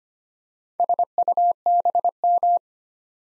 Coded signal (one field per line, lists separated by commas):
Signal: Morse code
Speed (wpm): 25 wpm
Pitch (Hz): 700 Hz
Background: none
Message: SUBM